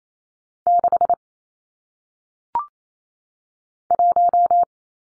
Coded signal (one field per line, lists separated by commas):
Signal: Morse code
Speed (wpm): 28 wpm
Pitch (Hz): 700 Hz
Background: none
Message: 6 1